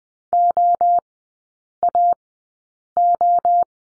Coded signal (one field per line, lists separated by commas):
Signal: Morse code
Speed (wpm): 20 wpm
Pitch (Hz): 700 Hz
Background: none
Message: OAO